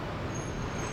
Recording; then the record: background sound without coughing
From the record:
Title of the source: 30 MINUTES Construction Site Ambience (CC BY 4.0)